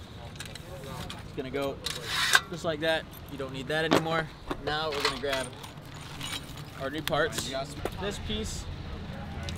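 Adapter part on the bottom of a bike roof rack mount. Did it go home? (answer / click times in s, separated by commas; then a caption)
yes / 9.5 s. New adapter parts for a Thule Big Mouth bike roof rack are fitted onto the bottom of the rack mount while someone talks, with light plastic handling and rattling sounds throughout. The adapter part snaps into place with a sharp click at 9.5 s.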